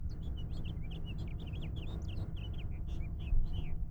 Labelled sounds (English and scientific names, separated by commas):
House Finch (Haemorhous mexicanus) song